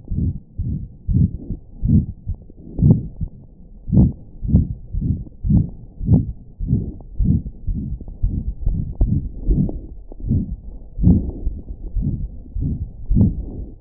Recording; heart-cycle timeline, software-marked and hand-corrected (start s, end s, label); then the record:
heart sounds
0.00	0.12	diastole
0.12	0.23	S1
0.23	0.32	systole
0.32	0.38	S2
0.38	0.58	diastole
0.58	0.69	S1
0.69	0.79	systole
0.79	0.85	S2
0.85	1.11	diastole
1.11	1.28	S1
1.28	1.46	systole
1.46	1.56	S2
1.56	1.88	diastole
1.88	2.05	S1
2.05	2.27	systole
2.27	2.36	S2
2.36	2.80	diastole
2.80	3.00	S1
3.00	3.19	systole
3.19	3.28	S2
3.28	3.91	diastole
3.91	4.08	S1
4.08	4.18	systole
4.18	4.26	S2
4.26	4.48	diastole
4.48	4.61	S1
4.61	4.68	systole
4.68	4.76	S2
4.76	4.94	diastole
4.94	5.06	S1
5.06	5.18	systole
5.18	5.28	S2
5.28	5.47	diastole
5.47	5.56	S1
5.56	5.68	systole
5.68	5.77	S2
5.77	6.05	diastole
6.05	6.21	S1
6.21	6.27	systole
6.27	6.36	S2
6.36	6.64	diastole
6.64	6.78	S1
6.78	6.87	systole
6.87	6.92	S2
6.92	7.20	diastole
7.20	7.36	S1
7.36	7.43	systole
7.43	7.50	S2
7.50	7.67	diastole
7.67	7.79	S1
7.79	7.90	systole
7.90	7.98	S2
7.98	8.21	diastole
8.21	8.32	S1
8.32	8.43	systole
8.43	8.52	S2
8.52	8.64	diastole
8.64	8.75	S1
8.75	8.84	systole
8.84	8.91	S2
8.91	9.02	diastole
9.02	9.14	S1
9.14	9.22	systole
9.22	9.32	S2
9.32	9.46	diastole
9.46	9.60	S1
9.60	9.70	systole
9.70	9.80	S2
9.80	10.25	diastole
10.25	10.39	S1
10.39	10.49	systole
10.49	10.60	S2
10.60	10.98	diastole
10.98	11.16	S1
11.16	11.23	systole
11.23	11.34	S2
11.34	11.94	diastole
11.94	12.11	S1
12.11	12.19	systole
12.19	12.27	S2
12.27	12.56	diastole
12.56	12.73	S1
12.73	12.76	systole
12.76	12.86	S2
12.86	13.11	diastole
13.11	13.28	S1
13.28	13.43	systole
13.43	13.57	S2
13.57	13.81	diastole
From the record:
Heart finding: aortic stenosis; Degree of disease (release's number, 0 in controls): 4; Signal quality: good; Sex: female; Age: 77 years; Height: 1.55 m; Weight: 62 kg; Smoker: no